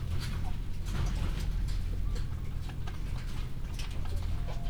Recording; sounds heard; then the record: poultry house recording; healthy chickens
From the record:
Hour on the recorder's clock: 15